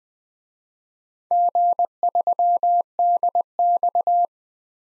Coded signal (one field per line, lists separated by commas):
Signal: Morse code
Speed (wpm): 20 wpm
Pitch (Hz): 700 Hz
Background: none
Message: G3DX